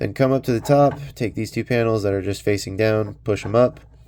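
Someone talks while handling two downward-facing plastic panels at the top of a Transformers Studio Series 102 ROTB Voyager Optimus Prime action figure during transformation, about to push them up. Only speech is heard, with no click. Nothing has seated or clicked yet.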